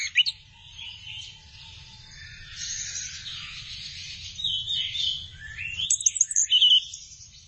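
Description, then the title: Thrush song, a soft continuous high warble of varied slurred notes, with a few sharper chirps near the start and toward the end, over a low steady hum. "burung anis x"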